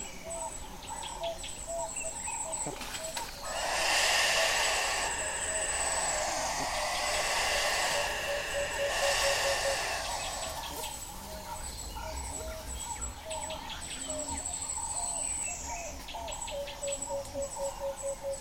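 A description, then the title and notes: An unidentified creature calls at dawn in the savanna, with a loud, rough, buzzing outburst from about 3.5 to 10 seconds that swells and fades in pulses. Around it, birds chirp and whistle steadily, including a thin high repeated note and lower tuneful phrases. Unidentified Call At Kapamba Bushcamp. An unidentified creature calls at dawn in the savanna.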